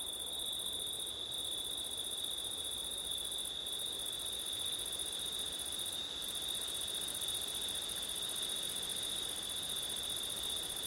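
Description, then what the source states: Cricket song as a continuous high drone, the upper tone pausing briefly three times, over steady wind noise. Crickets on a windy September night; ORTF stereo.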